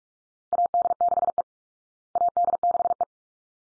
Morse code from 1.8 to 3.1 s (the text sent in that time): AD6E